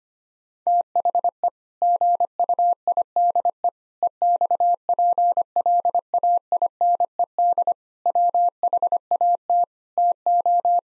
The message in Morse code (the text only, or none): THE GUIDE EXPLAINED WHAT TO